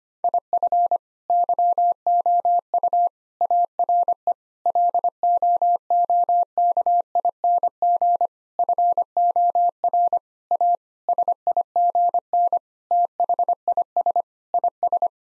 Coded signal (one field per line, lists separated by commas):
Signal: Morse code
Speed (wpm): 25 wpm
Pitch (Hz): 700 Hz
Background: none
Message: IF YOU ARE LOOKING FOR A SIGN THIS IS